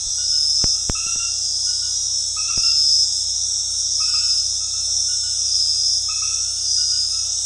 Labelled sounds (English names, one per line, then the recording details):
none
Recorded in dense forest near Puerto Asís, Putumayo, Colombia, on 20 February 2024 at 22:00
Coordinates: 0.485, -76.322
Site G6406